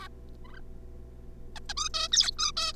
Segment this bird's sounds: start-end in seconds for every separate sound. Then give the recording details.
0.01-0.08, 0.45-0.61, 1.56-1.59, 1.70-1.73, 1.77-1.89, 1.94-2.08, 2.12-2.31, 2.39-2.52, 2.57-2.73. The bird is a juvenile. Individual R3549